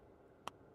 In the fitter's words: yeah it's got a nice little click in there it's not coming out anywhere but it has a really good you just pop it off